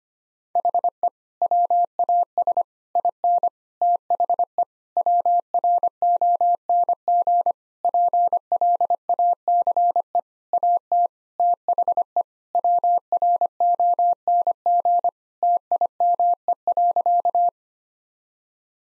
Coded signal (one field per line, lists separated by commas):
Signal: Morse code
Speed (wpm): 25 wpm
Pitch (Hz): 700 Hz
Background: none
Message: HE WAS IN THE WRONG PLACE AT THE WRONG TIME.